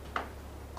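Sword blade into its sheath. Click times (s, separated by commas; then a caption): 0.2 s. A katana blade is slid back into its wooden sheath at an angle until the collar seats in the sheath mouth with a sharp click at about 0.2 seconds, over a steady low hum. The blade is seated home in its sheath.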